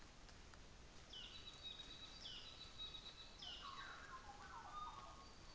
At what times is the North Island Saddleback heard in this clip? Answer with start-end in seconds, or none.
1.04-4.35